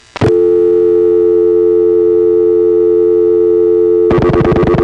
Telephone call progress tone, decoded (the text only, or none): dial tone